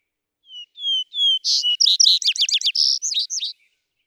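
Vesper sparrow song: three slow whistled notes, then a tumbling run of buzzy and chirping notes that winds down after about three seconds.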